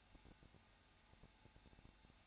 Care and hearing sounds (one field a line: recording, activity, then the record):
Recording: daily activity, microphone in the room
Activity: no activity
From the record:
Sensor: 2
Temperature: 21.0 degrees Celsius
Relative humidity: 34.3%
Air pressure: 994.4 hPa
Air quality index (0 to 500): 171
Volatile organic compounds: 3 ppm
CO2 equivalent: 1329 ppm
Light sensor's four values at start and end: 2/3/2/2 and 2/3/2/2